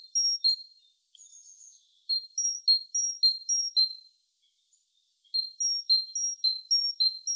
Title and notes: Great tit. Большая синица by deepsweet